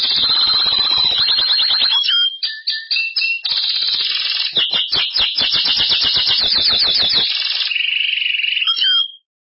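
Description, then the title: Belgian canary delivering loud rapid trills and rattling runs of notes, a continuous stream of buzzy, fast-repeated phrases ending in a whistled trill. "Canario Belga"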